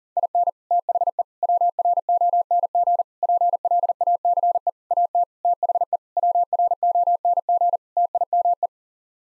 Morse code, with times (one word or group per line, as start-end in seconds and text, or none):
0.2-0.5 IN
0.7-1.2 THE
1.4-3.0 WRONG
3.2-4.7 PLACE
4.9-5.2 AT
5.5-6.0 THE
6.2-7.8 WRONG
8.0-8.7 TIME